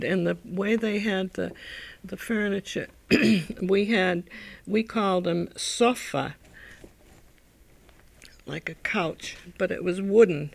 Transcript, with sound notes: And the way they had the furniture (she clears her throat) we called them soffa, like a couch, but it was wooden.